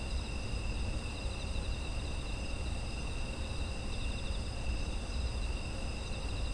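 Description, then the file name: Insects chorusing in steady, overlapping high trills at several pitches, continuous throughout, over a constant low rumble of background noise. Autumn insect ambience. "秋の虫の環境音"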